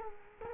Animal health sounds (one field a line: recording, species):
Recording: mosquito wingbeat signal from an infrared sensor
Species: Culex quinquefasciatus